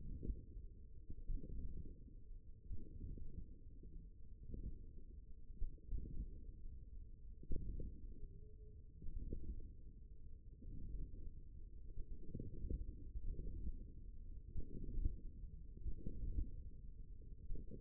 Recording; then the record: forearm muscle sounds (acoustic myography)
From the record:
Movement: hand closing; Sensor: system 1, eight BSWA MPA416 microphones around the upper forearm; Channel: 3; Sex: male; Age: 54 years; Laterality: right